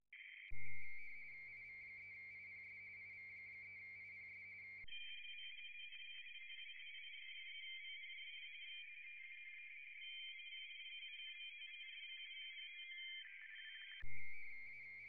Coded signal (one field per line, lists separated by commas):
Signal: RTTY